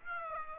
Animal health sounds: mosquito wingbeat signal from an infrared sensor; Aedes aegypti

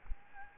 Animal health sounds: mosquito wingbeat signal from an infrared sensor; Aedes albopictus

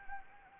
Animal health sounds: mosquito wingbeat signal from an infrared sensor; Anopheles arabiensis

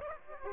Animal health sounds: mosquito wingbeat signal from an infrared sensor; Aedes aegypti

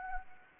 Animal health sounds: mosquito wingbeat signal from an infrared sensor; Anopheles gambiae

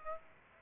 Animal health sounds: mosquito wingbeat signal from an infrared sensor; Aedes aegypti

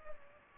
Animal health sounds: mosquito wingbeat signal from an infrared sensor; Culex pipiens

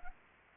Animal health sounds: mosquito wingbeat signal from an infrared sensor; Anopheles arabiensis

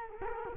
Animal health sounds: mosquito wingbeat signal from an infrared sensor; Culex quinquefasciatus

